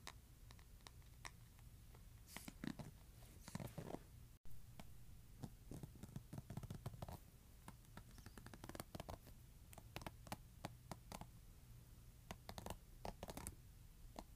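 A hairbrush scratches in irregular bursts of short, bright, crackly strokes, some quick and clustered, others spaced apart. A steady low hum runs underneath throughout, and the sound cuts out abruptly for an instant just after four seconds.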